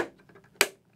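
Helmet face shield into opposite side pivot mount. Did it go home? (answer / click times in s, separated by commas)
yes / 0.6 s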